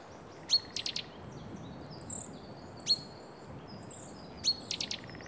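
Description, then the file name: Great tit call series: a bright high note followed by a rattly chatter of clicks, given twice, with a lone high note between and other faint thin calls. "Parus major"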